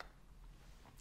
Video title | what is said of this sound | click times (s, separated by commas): The refreshingly simple GPS computer - Beeline Velo 2 GPS Cycling Computer Review - feat. Navigation | turn so you just do a slight rotation or locks into place. | 0.0 s